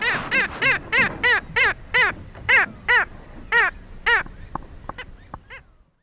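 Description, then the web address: Black skimmer giving a rapid series of nasal, barking notes, fading and thinning toward the end. Recorded in Ecuador. "Birds of Ecuador. Black Skimmer"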